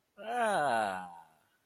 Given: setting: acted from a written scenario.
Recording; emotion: vocal sound without words; adoration